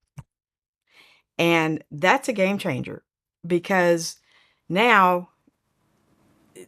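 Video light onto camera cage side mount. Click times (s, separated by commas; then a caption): 0.2 s. A small Elonzi vlogging light snaps onto a side mount of a camera cage, making a single sharp click at 0.2 s. The light seats in place, and someone then talks.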